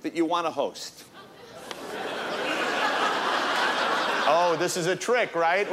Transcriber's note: soundbite of laughter